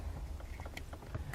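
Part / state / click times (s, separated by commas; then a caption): factory wiring connector into aftermarket camera harness connector / not seated / none. A factory wiring connector is pushed by hand into one side of an aftermarket harness connector for a custom third brake light camera for the 8" factory monitor on a 2015 Ford F-350 Super Duty, with the side slots lined up with the slots in the mating connector. Over a low, steady rumble, short light handling ticks come at about 0.6, 0.8, 0.9, 1.2 and 1.3 s. Nothing has seated or clicked yet.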